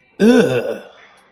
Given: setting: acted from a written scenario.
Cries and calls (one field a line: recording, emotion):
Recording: vocal sound without words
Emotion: disgust